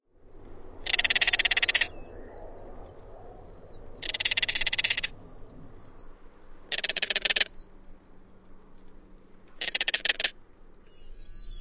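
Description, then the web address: Crested Caracara giving harsh, dry rattling bursts, each up to a second long and built of rapid clicks, four bursts spaced roughly three seconds apart over faint low background noise. "Songs of Birds of North America Stokes. Crested Caracara"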